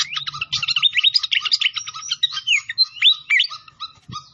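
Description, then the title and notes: Pied fantail song, a hurried stream of bright chirps and whistles that slows near the end, with a soft thump. Masteran training recording of clear song, mixed with the sound of trickling water. "Masteran Sikatan Kipas Suara Jernih Dan Suara Gemericik Air. Suara Burung Sikatan Londo"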